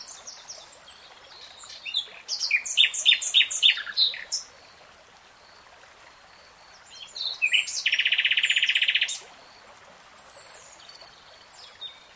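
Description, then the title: Nightingale song of varied chirps and rapid repeated notes, a pause, then a harsh, sustained buzzy trill lasting over a second. Nightingale singing, recorded in real time. "[Tiếng chim hót] Nightingale Singing"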